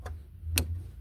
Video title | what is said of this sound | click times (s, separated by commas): 2006-2011(8th generation) Honda Civic 1.8L Fuel pump REPLACEMENT | Just like that. You hear that click? | 0.6 s